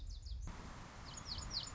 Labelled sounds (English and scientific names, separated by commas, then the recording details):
Lazuli Bunting (Passerina amoena)
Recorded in Sonoma County, California